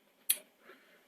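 A Betamax cassette is pushed into the front-loading mechanism of a Sony SL-C30 video recorder in standby, where a gear's alignment actuates one of the microswitches. A single sharp microswitch click sounds at 0.3 s, followed by a faint, soft rustle around 0.7 s. This is only the first of the two clicks the tape must trigger to load; the second has not clicked yet.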